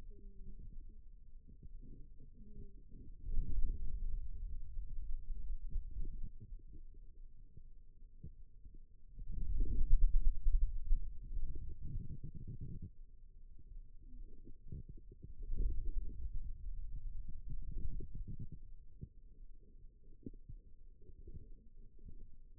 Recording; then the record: forearm muscle sounds (acoustic myography)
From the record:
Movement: ulnar deviation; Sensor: system 2, bracelet of six BSWA MPA416 microphones around the upper forearm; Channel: 4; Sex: male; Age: 22 years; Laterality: right